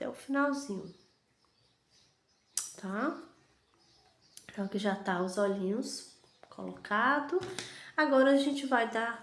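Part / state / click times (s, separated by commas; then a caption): safety eye lock washer onto eye shank through a crocheted doll head / seated / 2.6 s. A plastic locking washer is pressed onto the shank of a plastic safety eye through a crocheted amigurumi doll head, pushed all the way down until it locks. After a quiet pause, a sharp snap is heard at 2.6 s as the washer seats home, with someone talking before and after.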